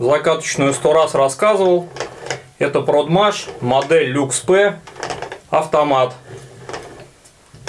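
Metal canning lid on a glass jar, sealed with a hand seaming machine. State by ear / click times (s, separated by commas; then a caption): seated / 7.7 s. Someone talks while turning a Prodmash Lux P automatic hand seaming machine to seal a metal canning lid onto a glass jar. A sharp click comes at 7.7 s as the lid seals, and the seal is done.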